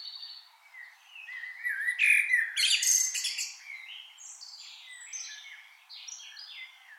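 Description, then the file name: Common blackbird song: warbled notes building to a loud, harsh burst around two to three seconds, followed by softer squeaky, trailing phrases. "Turdus merula"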